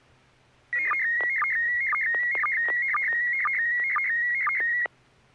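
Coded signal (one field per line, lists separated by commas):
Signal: SSTV (slow-scan television)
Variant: PD 120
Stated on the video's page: SSTV net on an FM repeater on 441.300 MHz, images sent with MMSSTV software.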